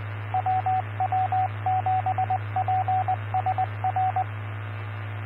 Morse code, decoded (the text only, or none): WW7PSR